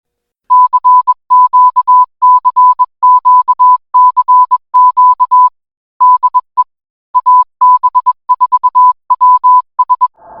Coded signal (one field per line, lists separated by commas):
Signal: Morse code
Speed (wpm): 21 wpm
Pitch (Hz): 1000 Hz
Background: music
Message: CQCQCQ DE AB4WS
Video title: AB4WS RADIO SHOW 2025 10 31